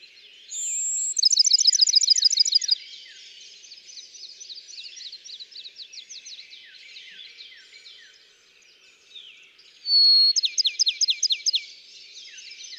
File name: Bachman's Sparrow